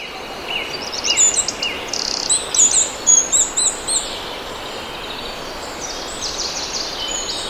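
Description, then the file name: Eurasian wren calls: a series of high, thin chirps and sharp ticks in the first half, fading into softer scattered notes over steady hiss. "Troglodytes troglodytes"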